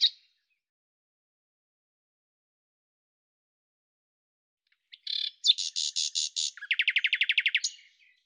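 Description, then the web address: Common nightingale singing: a short note, a long silence, then a loud phrase of buzzy pulses followed by a fast, even rattle of repeated notes. "Deverinetal 2025"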